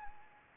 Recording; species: mosquito wingbeat signal from an infrared sensor; Anopheles arabiensis